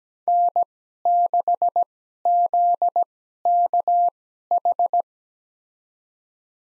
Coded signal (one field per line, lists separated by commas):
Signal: Morse code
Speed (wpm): 17 wpm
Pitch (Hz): 700 Hz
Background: none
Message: N6ZKH